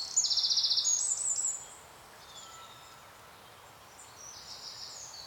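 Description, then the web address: Bird gives a high, fast buzzy trill for about a second and a half, followed by quieter scattered chirps and a faint later phrase. "Soundscape Bird"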